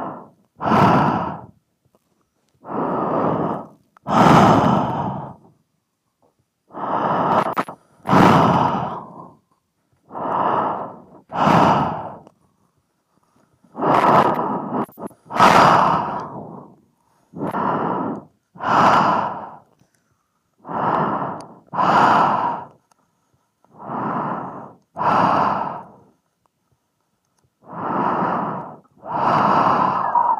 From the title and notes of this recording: ASMR Microphone Breathing.